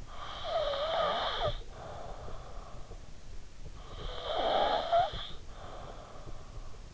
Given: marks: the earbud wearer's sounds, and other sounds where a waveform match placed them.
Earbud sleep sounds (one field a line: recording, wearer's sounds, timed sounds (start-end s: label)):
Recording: sounds in sleep by an in-ear microphone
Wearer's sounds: snoring breath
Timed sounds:
0.02-2.94 s: snoring breath
3.88-6.93 s: snoring breath